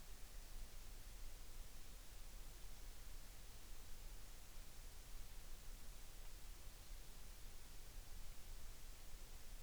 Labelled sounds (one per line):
near silence